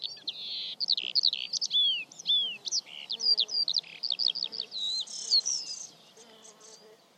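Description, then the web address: Bird song with varied chirps and slurred whistles in rapid sequence, then higher buzzy notes later on, trailing off and growing quieter toward the end. "Bird Only"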